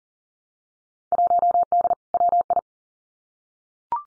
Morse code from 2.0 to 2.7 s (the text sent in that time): WI